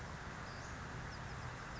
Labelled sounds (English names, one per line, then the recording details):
Western Flycatcher
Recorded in Sonoma County, California